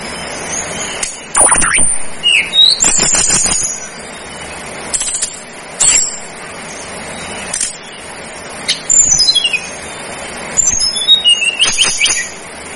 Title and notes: Masteran Tledekan Gunung Sikatan Gunung. BURUNG TLEDEKAN